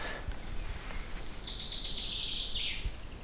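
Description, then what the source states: Common Chaffinch song: one bright strophe of rapid notes that falls in pitch at the end, over low rumbling background noise. Song strophe always the same, rising and falling.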